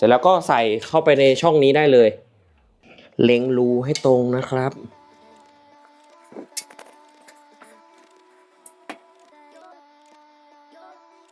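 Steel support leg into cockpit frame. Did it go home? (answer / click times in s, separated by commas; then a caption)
yes / 8.7 s. A steel support leg of a GGK Half Cockpit GT sim racing cockpit is inserted into its slot in the frame with the holes lined up. Someone talks over music, then small knocks are followed by a sharp metallic hit at 8.7 s as the leg locks into the frame slot.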